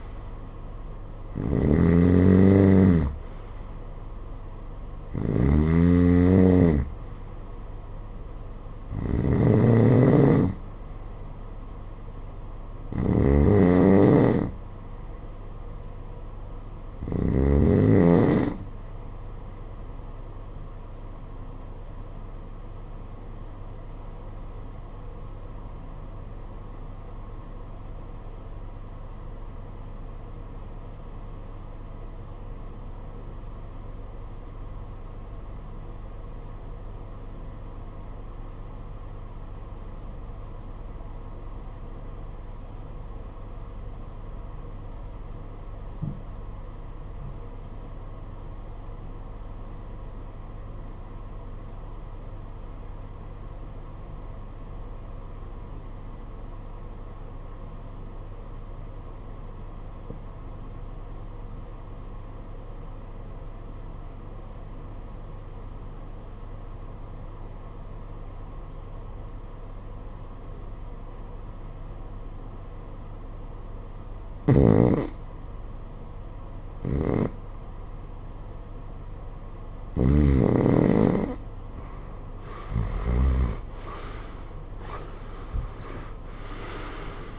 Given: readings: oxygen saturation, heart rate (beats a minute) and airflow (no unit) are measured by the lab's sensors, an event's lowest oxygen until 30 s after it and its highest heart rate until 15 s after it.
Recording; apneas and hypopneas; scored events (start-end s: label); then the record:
breathing in sleep by a smartphone at the bedside; 1
19.00-87.39 s: new sleep stage, REM sleep
23.00-82.10 s: obstructive apnea (REM, oxygen 92% highest, then 68% lowest, heart rate 55 at the start, 92 highest)
From the record:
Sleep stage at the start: N1 (lightest sleep); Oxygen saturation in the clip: 72 to 92%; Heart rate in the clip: 49 to 82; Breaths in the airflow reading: 8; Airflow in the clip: -20.4 to 10.6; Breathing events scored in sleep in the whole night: 476 in 9.7 hours asleep